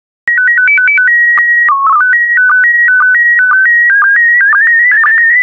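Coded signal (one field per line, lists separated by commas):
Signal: SSTV (slow-scan television)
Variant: PD 120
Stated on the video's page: SSTV images in PD120 mode, computer-generated with stock photos and synthesized audio prompts.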